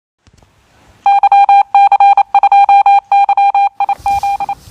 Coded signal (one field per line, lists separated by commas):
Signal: Morse code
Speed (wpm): 28 wpm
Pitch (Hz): 800 Hz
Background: none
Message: YC2YIZ